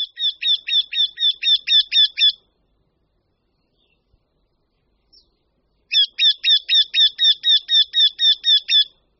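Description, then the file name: Eurasian wryneck calling two runs of rapid, evenly spaced nasal notes separated by a silent gap. "Krutihlav-obecný"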